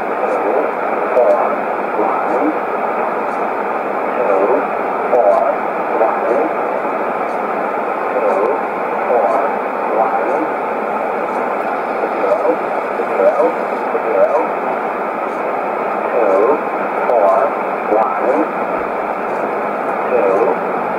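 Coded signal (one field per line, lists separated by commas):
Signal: numbers station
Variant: E07a, English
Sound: a faint male voice reading words or numbers through steady shortwave hiss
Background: radio static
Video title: 28 08 2015 Numbers Station E07a in English 1510 on 12213 USB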